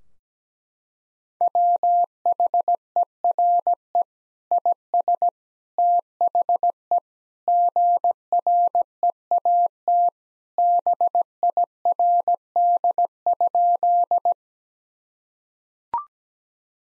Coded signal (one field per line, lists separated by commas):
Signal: Morse code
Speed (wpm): 17 wpm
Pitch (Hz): 700 Hz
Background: none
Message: WHERE IS THE GREAT BIRD?